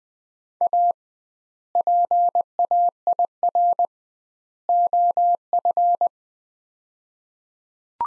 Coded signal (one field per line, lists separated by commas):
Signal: Morse code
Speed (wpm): 20 wpm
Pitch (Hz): 700 Hz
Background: none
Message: A PAIR OF